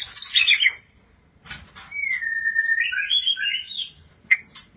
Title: Kicau Murai Batu